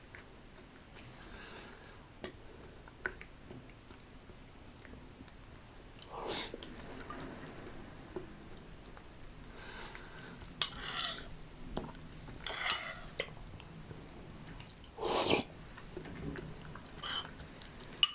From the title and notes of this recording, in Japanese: 食音#1 玄米甘酒と発酵あんこのぜんざい。自分で作った「玄米甘酒と発酵あんこのぜんざい」を食べている際の音です。